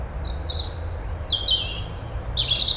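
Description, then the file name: European robin song: thin high whistled phrases, some near-piercing high notes, a shimmering trill toward the end, over a low steady rumble. "Erithacus rubecula"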